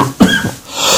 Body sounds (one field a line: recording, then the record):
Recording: coughing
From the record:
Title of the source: Spring Allergy Coughing